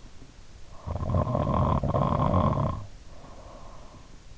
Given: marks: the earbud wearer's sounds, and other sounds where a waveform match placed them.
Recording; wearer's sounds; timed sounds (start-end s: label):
sounds in sleep by an in-ear microphone; snoring breath
0.59-3.98 s: snoring breath